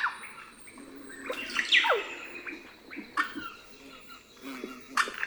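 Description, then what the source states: Russet-backed oropendola gurgling phrase with a steep falling sweep, followed by scattered shorter notes over a steady hiss. Several calling, soundscape.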